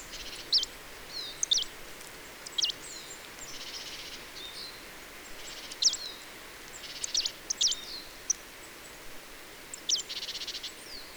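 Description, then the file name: Marsh tit repeatedly uttering crisp high notes and short buzzy chatters, spaced irregularly across the recording, with constant background hiss. "Poecile palustris"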